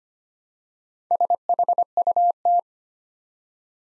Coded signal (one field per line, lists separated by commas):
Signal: Morse code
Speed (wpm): 25 wpm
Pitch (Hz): 700 Hz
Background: none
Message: SHUT